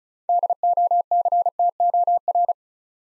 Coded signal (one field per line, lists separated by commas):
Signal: Morse code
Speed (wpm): 34 wpm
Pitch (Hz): 700 Hz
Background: none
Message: DOCTOR